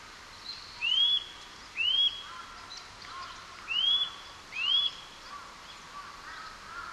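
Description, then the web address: Eurasian nuthatch calls: clear rising whistled notes, each sweeping upward then flattening, given in two pairs with a pause between, over a soft steady background hiss. Recorded 2 April 2011 at Maruyama. "koe gojukara 110402 maruyama"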